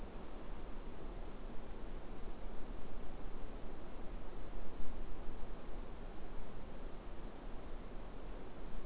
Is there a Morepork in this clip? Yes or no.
no